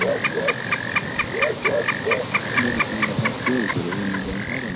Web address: cantos becandina